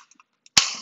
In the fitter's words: and then the door frame bracket just clicks into place